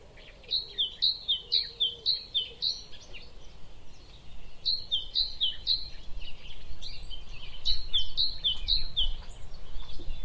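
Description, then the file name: Great tit repeating a high, sharp two-syllable phrase in quick bursts of three to five, pausing between bursts, while background noise swells in the second half. "Parus major"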